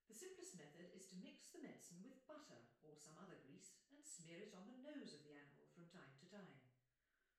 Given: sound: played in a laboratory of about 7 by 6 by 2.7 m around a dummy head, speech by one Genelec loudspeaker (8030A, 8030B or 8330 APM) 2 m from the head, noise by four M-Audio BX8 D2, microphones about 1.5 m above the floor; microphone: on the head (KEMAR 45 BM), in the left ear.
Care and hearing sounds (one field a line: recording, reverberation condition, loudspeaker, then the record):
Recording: female speech in English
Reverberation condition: medium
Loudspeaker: 60 degrees to the right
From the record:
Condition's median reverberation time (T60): about 510 ms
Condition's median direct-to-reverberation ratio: about -0.5 dB